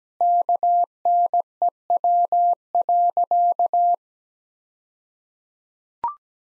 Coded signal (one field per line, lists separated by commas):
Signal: Morse code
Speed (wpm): 17 wpm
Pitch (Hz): 700 Hz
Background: none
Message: KNEW.